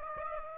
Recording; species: mosquito wingbeat signal from an infrared sensor; Aedes aegypti